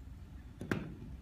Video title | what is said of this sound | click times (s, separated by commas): Jawbone Lens Replace Instruction - Acompatible.com | until you hear that click and you do the exact same thing with the other side | 0.7 s